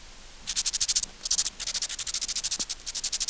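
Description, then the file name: Grasshopper song, bursts of rapid scratchy high pulses in short groups separated by brief gaps, continuing to the end. "Chorthippus"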